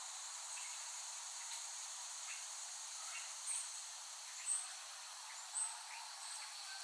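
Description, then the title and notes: Cicadas humming as a steady high background buzz, with a few short bright chirps breaking through now and then. Cicadas recorded in West Brighton, Staten Island, late summer 2008. "Recording of cicadas made by Dan Bodah in West Brighton, Staten Island, late summer 2008."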